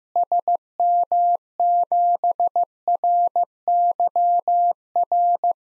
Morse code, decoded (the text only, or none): SM7RYR